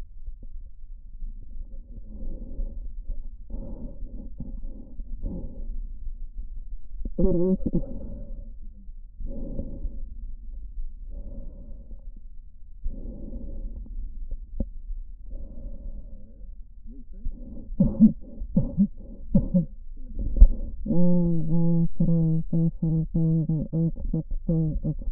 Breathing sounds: lung sounds by stethoscope; right posterior apical chest; quiet breathing, then cough and speech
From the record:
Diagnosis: interstitial lung disease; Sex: female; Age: 72 years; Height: 158 cm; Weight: 69 kg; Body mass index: 27.6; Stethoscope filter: diaphragm mode

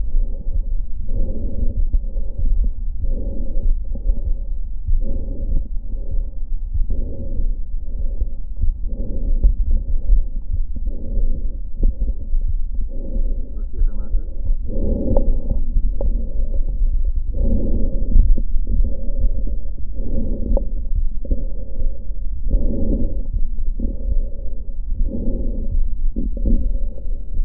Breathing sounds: lung sounds by stethoscope; left posterior apical chest; quiet breathing, then deep breathing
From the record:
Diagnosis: interstitial lung disease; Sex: female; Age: 68 years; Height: 152 cm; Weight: 76 kg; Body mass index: 32.9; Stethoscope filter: diaphragm mode

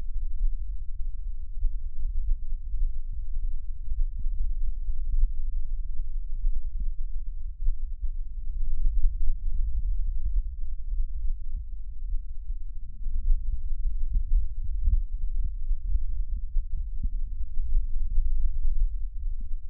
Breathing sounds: lung sounds by stethoscope; left anterior apical chest; quiet breathing, then deep breathing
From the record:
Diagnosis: asthma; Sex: female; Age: 72 years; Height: 160 cm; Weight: 63.4 kg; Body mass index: 24.8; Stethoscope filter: bell mode

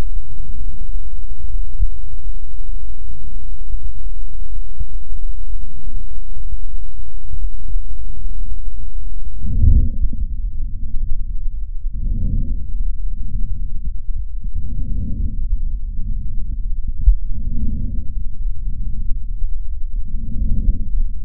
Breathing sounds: lung sounds by stethoscope; left posterior basal chest; quiet breathing, then deep breathing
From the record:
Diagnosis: interstitial lung disease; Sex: female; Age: 70 years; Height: 160 cm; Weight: 93 kg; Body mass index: 36.3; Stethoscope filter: bell mode

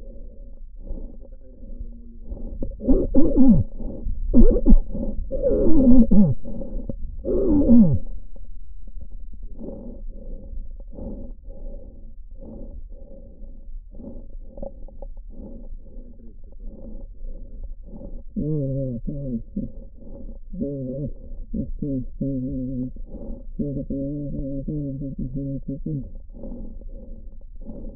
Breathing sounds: lung sounds by stethoscope; left anterior apical chest; quiet breathing, then cough and speech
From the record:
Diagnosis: interstitial lung disease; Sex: male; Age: 72 years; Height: 167 cm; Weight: 74 kg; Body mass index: 26.5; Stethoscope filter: diaphragm mode

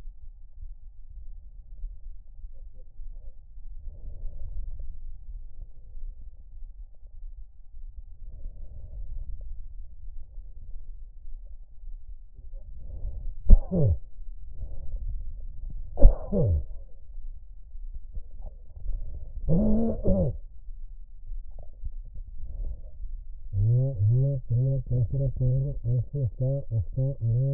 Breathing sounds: lung sounds by stethoscope; left anterior apical chest; quiet breathing, then cough and speech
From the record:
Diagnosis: pulmonary infection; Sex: male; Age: 54 years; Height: 187 cm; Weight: 95 kg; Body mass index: 27.2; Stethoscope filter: extended mode

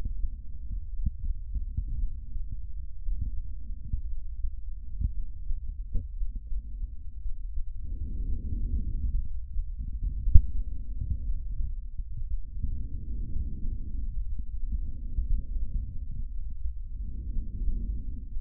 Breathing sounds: lung sounds by stethoscope; trachea; quiet breathing, then deep breathing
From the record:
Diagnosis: interstitial lung disease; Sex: male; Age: 74 years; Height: 160 cm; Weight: 54 kg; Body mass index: 21.1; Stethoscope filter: bell mode

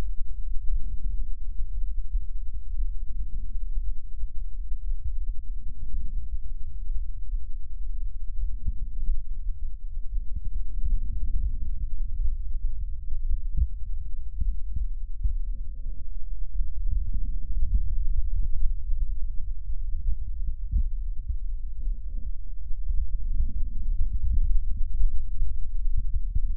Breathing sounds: lung sounds by stethoscope; left anterior apical chest; quiet breathing, then deep breathing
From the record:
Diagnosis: COPD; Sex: female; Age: 68 years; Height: 150 cm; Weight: 70 kg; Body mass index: 31.1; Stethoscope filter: bell mode

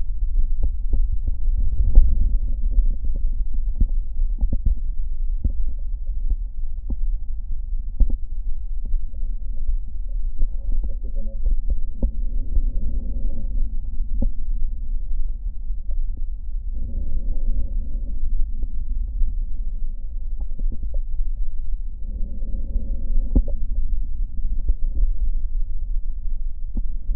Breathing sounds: lung sounds by stethoscope; right posterior basal chest; quiet breathing, then deep breathing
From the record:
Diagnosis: none (healthy); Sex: male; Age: 35 years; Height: 186 cm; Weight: 108 kg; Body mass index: 31.2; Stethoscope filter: diaphragm mode

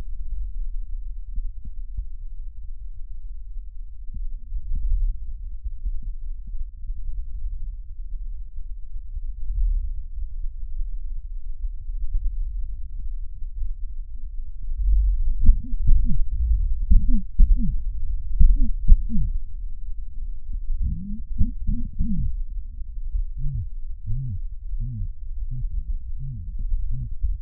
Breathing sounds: lung sounds by stethoscope; left posterior basal chest; quiet breathing, then cough and speech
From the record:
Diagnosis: COPD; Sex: male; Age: 70 years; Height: 170 cm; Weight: 74 kg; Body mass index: 25.6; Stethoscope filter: bell mode

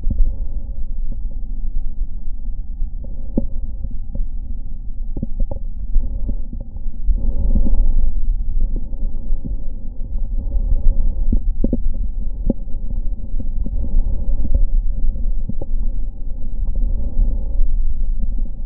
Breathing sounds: lung sounds by stethoscope; right anterior apical chest; quiet breathing, then deep breathing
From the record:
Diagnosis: COPD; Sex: male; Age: 78 years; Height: 162 cm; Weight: 66.4 kg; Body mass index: 25.3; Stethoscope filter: diaphragm mode

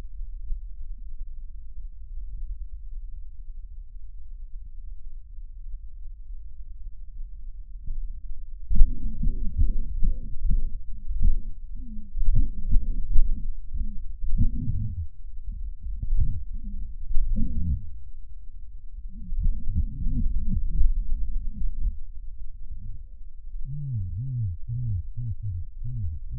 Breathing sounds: lung sounds by stethoscope; left posterior basal chest; quiet breathing, then cough and speech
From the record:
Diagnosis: pulmonary infection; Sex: male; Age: 74 years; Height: 171 cm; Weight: 80 kg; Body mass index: 27.4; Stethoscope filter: bell mode

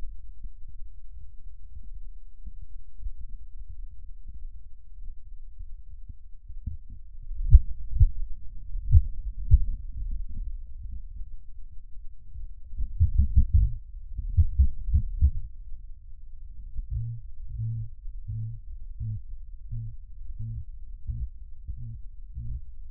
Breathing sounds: lung sounds by stethoscope; right posterior basal chest; quiet breathing, then cough and speech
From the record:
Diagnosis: none (healthy); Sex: male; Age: 23 years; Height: 185 cm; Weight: 93 kg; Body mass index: 27.2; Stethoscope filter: bell mode

